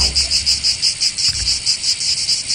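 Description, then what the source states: Cicada song, a continuous high buzz pulsing in rapid, regular beats. Cicada song, heard mostly by the seaside and mainly in the south of France.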